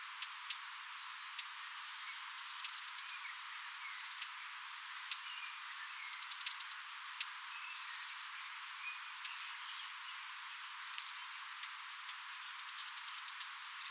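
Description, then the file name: Eurasian blue tit, three bursts of a high seep note run into a quick buzzy trill, about four and then six seconds apart, with scattered faint calls of other birds. "Cyanistes caeruleus"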